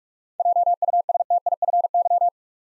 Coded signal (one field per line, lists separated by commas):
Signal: Morse code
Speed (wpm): 44 wpm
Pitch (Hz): 700 Hz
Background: none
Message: JUSTIFY